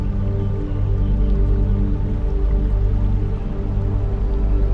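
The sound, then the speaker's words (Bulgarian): A small waterfall on a stream trickles and splashes steadily, a dense, even, monotonous rush of water running down with a low rumbling undertone that stays constant throughout, with no voices. “Водата се стича надолу, румоли, и се спуска с успокояващ, повтарящ се, монотонен звук.”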